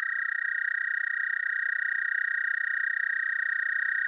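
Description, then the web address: American toad trill, a steady, evenly pulsed musical trill running unbroken throughout. "Dan Gibson's Solitudes Frog Song. American Toad"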